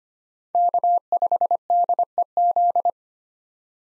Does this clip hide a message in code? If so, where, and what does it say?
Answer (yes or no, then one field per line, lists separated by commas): yes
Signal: Morse code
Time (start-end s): 0.5-2.9 s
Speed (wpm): 25 wpm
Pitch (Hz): 700 Hz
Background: none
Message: K5DEZ